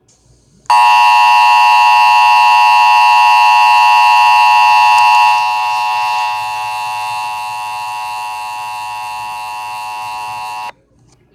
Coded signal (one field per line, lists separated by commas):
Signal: Emergency Alert System (SAME) tones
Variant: 853 and 960 Hz attention tone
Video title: Fire-Tor: An EAS Scenario - Inspired By ElectricFanatic's Meteor-X Scenario